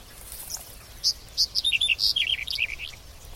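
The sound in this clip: Bird song, a short cascade of clear chirping notes that descends from high to middle pitch and trails off.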